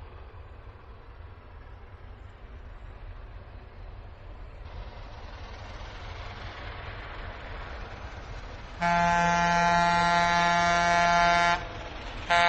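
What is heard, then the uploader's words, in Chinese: A train rumbles steadily and grows louder, then near the end a loud, bright horn blasts for about three seconds, followed by a short final toot. 火车鸣笛。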